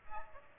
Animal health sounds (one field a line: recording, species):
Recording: mosquito wingbeat signal from an infrared sensor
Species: Aedes aegypti